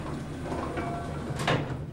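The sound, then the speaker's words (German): A sliding door glides open with a low rumbling scrape, swelling into a brief louder whoosh near the end over a steady background hum. “Die Türen sind ja offen.”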